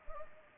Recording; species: mosquito wingbeat signal from an infrared sensor; Anopheles arabiensis